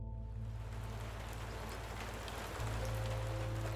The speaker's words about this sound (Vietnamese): Đêm thành phố có vài cơn mưa phùn lạnh, gió lọt qua khe cửa sổ cũ mang theo mùi bụi đường thoang thoảng.